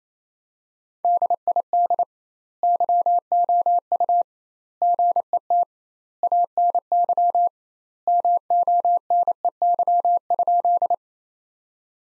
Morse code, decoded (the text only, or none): DID YOU GET ANY MONEY?